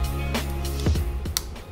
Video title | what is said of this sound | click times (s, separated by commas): $200 FPV Drone Build & Set Up! - The Rotor Riot Budget Build | Woo, nice satisfying click. | 1.4 s